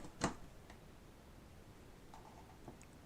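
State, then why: Seated. A flash bulb is pushed into the socket of a Honeywell Tilite flash gun, which is plugged into the FP plug and set for FP synchronization. A sharp click at 0.2 s marks the bulb locking into place, followed by a few faint ticks and light handling noise. The bulb is seated.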